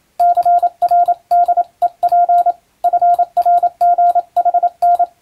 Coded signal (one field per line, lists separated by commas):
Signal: Morse code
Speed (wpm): 27 wpm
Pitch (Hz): 700 Hz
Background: none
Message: CRDEP FRGHN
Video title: モールス符号を使った無線通信！今でもあります！国家試験があります、練習風景です。アマチュア無線の受信トレーニングに、YouTubeの再生速度を設定して聞こう！ morse code practice